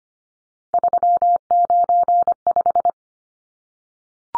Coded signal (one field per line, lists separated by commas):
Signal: Morse code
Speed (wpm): 25 wpm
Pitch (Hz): 700 Hz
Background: none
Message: 395